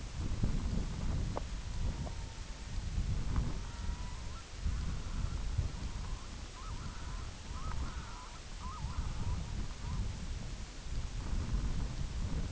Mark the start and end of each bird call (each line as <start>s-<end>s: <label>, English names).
1.45s-2.69s: Red-throated Loon
3.19s-10.13s: Red-throated Loon